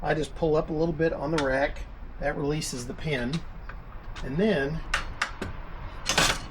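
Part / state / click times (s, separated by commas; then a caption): folding arm of an e-bike hitch rack locking into its upright position / seated / 6.1 s, 6.2 s. Someone talks while lifting the metal folding arm of a Roam Ease e-bike hitch rack slightly to release its pin, then folds the arm up into its upright position. Two sharp metallic clicks at 6.1 s and 6.2 s mark its two pins locking, and the arm is seated in place.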